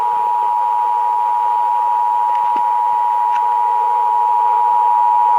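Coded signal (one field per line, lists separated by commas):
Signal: Emergency Alert System (SAME) tones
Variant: 853 and 960 Hz attention tone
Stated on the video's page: Texas required monthly test as heard on several radio and TV stations, including WBAP, KXAS and WFAA.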